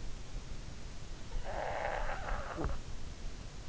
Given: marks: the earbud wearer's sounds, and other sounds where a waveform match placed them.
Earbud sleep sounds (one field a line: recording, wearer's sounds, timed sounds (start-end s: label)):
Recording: sounds in sleep by an in-ear microphone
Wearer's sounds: snoring breath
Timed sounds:
0.83-3.46 s: snoring breath